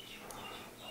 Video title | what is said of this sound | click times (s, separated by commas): DJI SPARK Fly More Combo Review - Part 1 - [Unboxing, Inspection, Updating, Mavic Comparison] | can hear that little click and it's going to be in like that that's all we need to do just push back the | 0.3 s